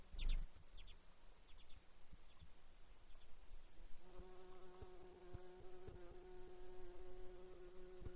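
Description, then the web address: Insect buzzing, a droning hum that starts about halfway through and holds steady, after a few faint high chirps and a thump at the start. Alaska, site GAARPALA, 15 June 2019, 07:57:33. "alaska acoustic highlights highlights audio INSECTS GAARPALA 20190615 075733"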